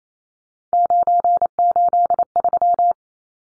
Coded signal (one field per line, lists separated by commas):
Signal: Morse code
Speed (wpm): 28 wpm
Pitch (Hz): 700 Hz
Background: none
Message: 983